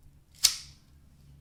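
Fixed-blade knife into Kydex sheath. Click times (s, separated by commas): 0.5 s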